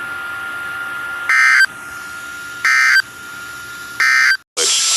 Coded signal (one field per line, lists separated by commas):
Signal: Emergency Alert System (SAME) tones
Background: speech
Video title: Another EAS Video that is not in Chicago... (EAS 161-163) 6/14/23